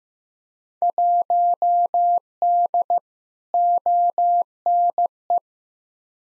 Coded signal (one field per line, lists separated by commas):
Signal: Morse code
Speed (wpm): 15 wpm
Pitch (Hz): 700 Hz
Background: none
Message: 1D ONE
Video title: Field Day Exchange v3 - 15wpm